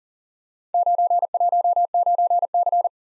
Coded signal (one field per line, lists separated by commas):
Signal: Morse code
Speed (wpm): 39 wpm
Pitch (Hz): 700 Hz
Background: none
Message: 919C